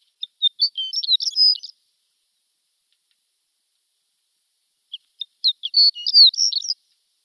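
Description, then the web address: Shore lark singing two brief, high, rippling phrases of tinkling chips and slurred notes, about three seconds apart, with quiet between them. "Schulze Peter Shore Lark"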